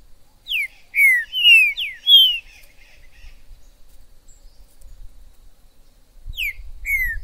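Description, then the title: Green-winged saltator song: a phrase of several loud, slurred, descending whistles, then a pause and two more falling whistles near the end; faint rumble below. In the forest (mato). "Trinca ferro MAJOR no MATO"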